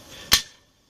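An item, likely a pistol or magazine, is pushed into a retention holster or pouch on a plate carrier and snaps into place with a lot of positive retention. A single sharp, loud snap lands at 0.3 s and fades quickly to silence. The item seats firmly.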